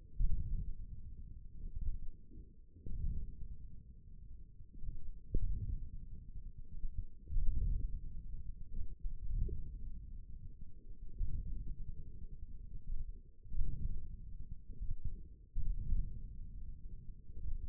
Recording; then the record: forearm muscle sounds (acoustic myography)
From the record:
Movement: wrist flexion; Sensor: system 1, eight BSWA MPA416 microphones around the upper forearm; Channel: 2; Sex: male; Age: 28 years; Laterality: right